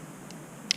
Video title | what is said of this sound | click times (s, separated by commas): UNBOXING and REVIEW PetSafe Adventure Dog Training Collar (also Yard and Park) | that on it clicks in place and then | 0.7 s